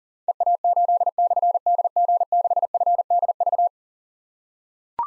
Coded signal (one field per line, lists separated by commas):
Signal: Morse code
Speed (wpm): 40 wpm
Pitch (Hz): 700 Hz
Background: none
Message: EA8/DG6FDV